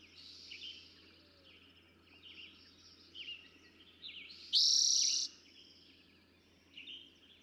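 Eastern towhee singing once, with brief lead-in notes before a loud, ringing trill lasting under a second. Faint chirps throughout.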